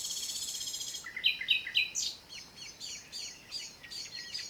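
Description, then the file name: Common nightingale song opening with a dry buzzy trill, then bright repeated notes and a steady series of slurred, chattering notes. "Luscinia megarhynchos"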